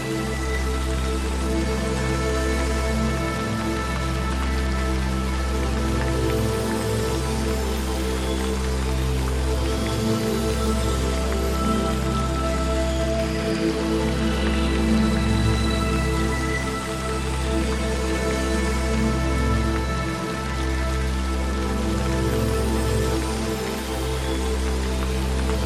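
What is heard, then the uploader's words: Rain falls in a steady, dense hiss that holds level for the whole stretch. A heavy low hum runs underneath, briefly dipping every few seconds, and faint steady tones sit in the middle range behind the patter. Dream Under Noise of a rain.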